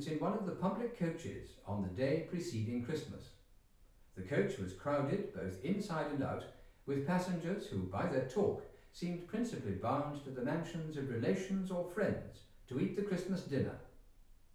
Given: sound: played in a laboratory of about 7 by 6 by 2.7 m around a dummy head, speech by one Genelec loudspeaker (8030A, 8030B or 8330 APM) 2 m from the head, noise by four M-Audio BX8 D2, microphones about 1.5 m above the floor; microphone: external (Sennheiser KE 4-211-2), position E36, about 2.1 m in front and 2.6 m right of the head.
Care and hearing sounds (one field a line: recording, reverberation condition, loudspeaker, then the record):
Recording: male speech in English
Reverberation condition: medium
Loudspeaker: behind (180 degrees)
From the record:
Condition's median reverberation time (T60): about 510 ms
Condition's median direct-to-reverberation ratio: about -0.5 dB